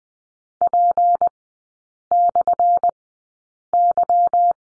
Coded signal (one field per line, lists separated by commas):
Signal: Morse code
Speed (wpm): 19 wpm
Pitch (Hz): 700 Hz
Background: none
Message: P/Y